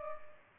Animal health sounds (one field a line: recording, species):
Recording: mosquito wingbeat signal from an infrared sensor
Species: Culex pipiens